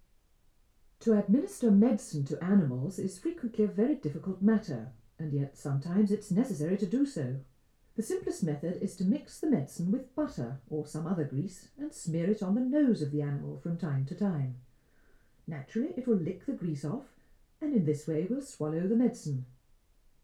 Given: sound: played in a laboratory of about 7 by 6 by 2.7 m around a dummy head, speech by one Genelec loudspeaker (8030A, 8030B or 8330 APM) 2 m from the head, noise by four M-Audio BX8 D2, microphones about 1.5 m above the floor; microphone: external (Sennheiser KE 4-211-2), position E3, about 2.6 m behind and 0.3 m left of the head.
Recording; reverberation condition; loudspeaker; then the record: female speech in English; low; behind (180 degrees)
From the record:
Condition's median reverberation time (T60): about 310 ms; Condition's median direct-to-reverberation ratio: about 3.5 dB